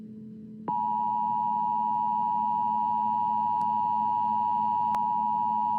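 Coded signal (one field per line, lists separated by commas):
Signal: Emergency Alert System (SAME) tones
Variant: 853 and 960 Hz attention tone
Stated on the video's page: Fictional EAS scenario, self-made.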